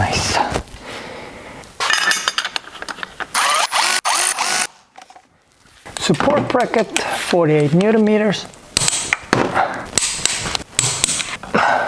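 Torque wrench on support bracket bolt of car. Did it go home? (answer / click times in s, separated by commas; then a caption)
no / none. A torque wrench set to 48 Nm tightens a support bracket bolt on a BMW E91 335d while someone talks, and a series of sharp metallic hits and ratcheting sounds is heard. The wrench has not clicked, possibly because of the bushings.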